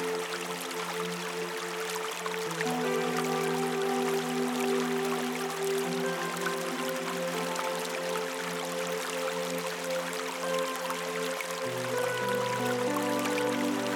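Slow meditative music of soft sustained tones holds steady chords that shift gently around the third and twelfth seconds. Over it runs the constant bright trickle and bubbling of a river, even in level throughout.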